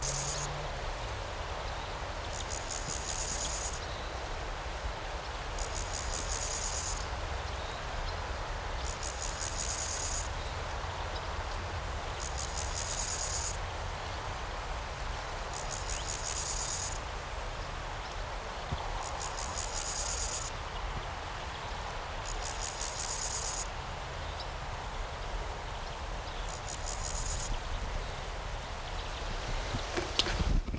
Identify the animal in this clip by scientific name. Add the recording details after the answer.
Chorthippus dorsatus. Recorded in the wild. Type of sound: stridulation. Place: Mühlenbeck, am Tegeler Fließ, Brandenburg, DE. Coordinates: 52.667, 13.37. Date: 1992-08-16 14:10. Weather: leicht bewölkt, 22°C. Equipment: Marantz CP 430, Sennheiser ME 80, Kopie Tesla B 116. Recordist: Tembrock, Günter. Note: Männchen mit nur linkem Hinterschenkel